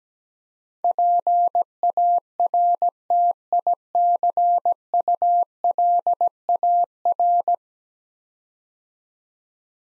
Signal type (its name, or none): Morse code